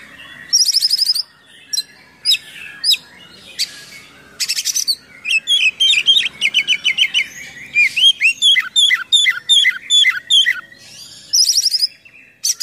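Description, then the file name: Oriental magpie-robin singing harsh buzzy bursts and chips, then a long fast string of repeated looping whistles, finishing with a rattle. Kacer in full 'gacor' song with 'full isian' imitations. "KACER GACOR FULL ISIAN MEWAH"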